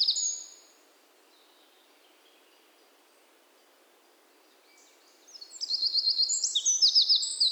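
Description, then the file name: Eurasian wren song: a short high note at the start, a long pause, then a burst of rapid, shrill trills that runs to the end. "Troglodytes troglodytes"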